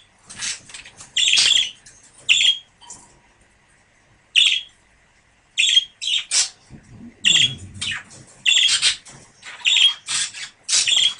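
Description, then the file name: Budgerigars giving scratchy squawks and warbled chirps, a few bursts, a short quiet gap, then a livelier stretch of repeated harsh notes. A pair of budgerigars. "suara-pasangan-parkit -omkicau"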